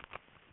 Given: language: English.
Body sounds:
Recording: throat vibration sensor signal played as sound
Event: swallow

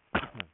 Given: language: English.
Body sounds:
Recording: throat vibration sensor signal played as sound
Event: cough

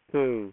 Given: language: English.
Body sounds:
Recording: throat vibration sensor signal played as sound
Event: speech

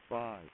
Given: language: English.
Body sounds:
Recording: throat vibration sensor signal played as sound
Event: speech

